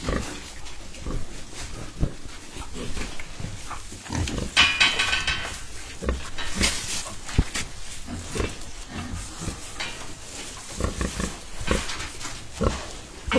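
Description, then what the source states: Domestic pigs grunting, short low grunts overlapping throughout, with a burst of metallic clanking around the fifth second. Pigs on a large, systematically organised family-built pig farm, listened to as they 'talk' among themselves.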